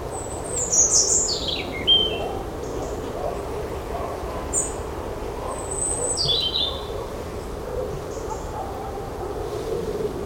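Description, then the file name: European robin song: thin, high phrases sliding down from very high pitch, over a steady low rumble of background noise. "Erithacus rubecula"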